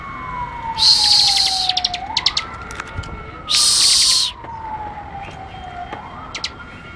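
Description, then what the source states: Bar-winged prinia rapid song, two loud buzzy bursts trailing into quick ticking notes, a siren rising and falling beneath. Ngebren style: rapid song of the ciblek.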